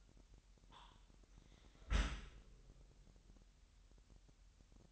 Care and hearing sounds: daily activity, microphone in the room; close dishwasher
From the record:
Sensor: 3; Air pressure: 998.3 hPa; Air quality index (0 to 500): 150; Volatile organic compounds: 5 ppm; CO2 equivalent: 1790 ppm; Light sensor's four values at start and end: 13/39/16/14 and 13/39/16/14

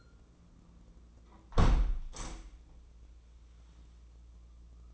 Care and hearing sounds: daily activity, microphone in the room; close window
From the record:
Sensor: 1

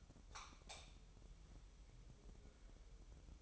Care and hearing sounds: daily activity, microphone in the room; light off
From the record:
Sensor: 1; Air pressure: 988.4 hPa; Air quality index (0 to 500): 198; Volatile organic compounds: 1000 ppm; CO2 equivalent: 5286 ppm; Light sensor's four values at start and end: 12/37/14/15 and 8/21/8/10

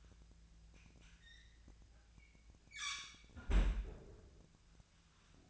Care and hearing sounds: daily activity, microphone in the room; close fridge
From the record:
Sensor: 2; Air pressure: 1009.5 hPa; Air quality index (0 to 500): 186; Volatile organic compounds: 11 ppm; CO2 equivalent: 2312 ppm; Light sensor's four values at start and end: 25/62/27/29 and 25/62/27/29

